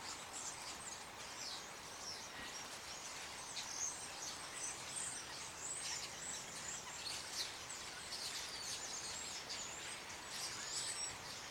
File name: birds at night in trees in Hilversum in snow